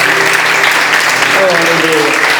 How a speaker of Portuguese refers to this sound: Pode aplaudir ao Senhor por isso, irmão.